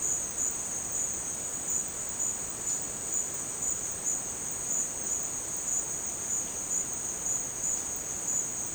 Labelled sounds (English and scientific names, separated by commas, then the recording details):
none
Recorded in dense forest near Puerto Asís, Putumayo, Colombia, on 27 June 2025 at 15:00
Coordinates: 0.484, -76.317
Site G045